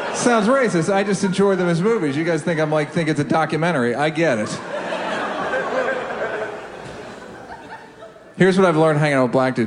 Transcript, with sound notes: Sounds racist - I just enjoy them as movies. You guys think I'm, like, thinking it's a documentary. I get it. (LAUGHTER) Here's what I've learned hanging out with black dudes.